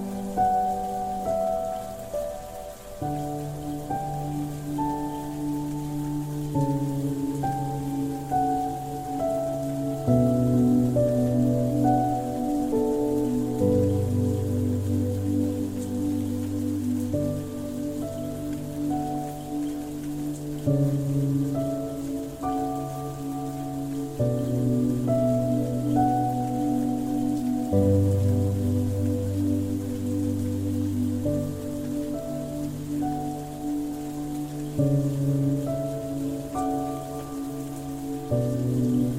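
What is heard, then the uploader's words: A slow piano melody plays over the steady patter of rain. Low, sustained notes shift every few seconds beneath quieter higher notes, while the rain stays constant and even throughout, with no breaks in the sound. Calming piano melodies harmoniously blended with the gentle patter of rain.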